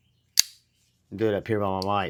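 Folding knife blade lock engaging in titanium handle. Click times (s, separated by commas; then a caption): 0.4 s. A folding knife's blade is slowly rolled open in its titanium handle, and the blade lock engages with a single sharp click at 0.4 s, locking up solidly like a tank. Someone then talks.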